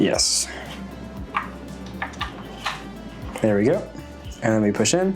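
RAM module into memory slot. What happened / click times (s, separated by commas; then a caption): The module is being handled and lined up but has not clicked home yet / none. A SO-DIMM RAM memory module is handled and lined up to be pushed down into its memory slot in a mini PC, with a few light taps and knocks at about 1.4, 2.0, 2.2 and 2.7 seconds over background music. Someone talks. Nothing has seated or clicked yet.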